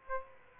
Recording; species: mosquito wingbeat signal from an infrared sensor; Aedes aegypti